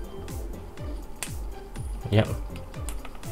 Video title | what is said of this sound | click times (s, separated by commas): SPECIAL: Which SH Figuarts Captain America Action Figure Work Best with NOTA Studio Accessories Set? | a clicking sound means that it fits perfectly and you can see that it joyfully | 1.2 s